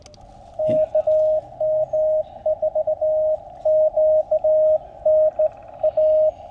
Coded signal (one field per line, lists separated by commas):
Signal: Morse code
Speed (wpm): 17 wpm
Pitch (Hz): 620 Hz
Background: radio noise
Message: KM4QNA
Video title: Introducing Boy Scouts to Morse Code and Parks On The Air (POTA)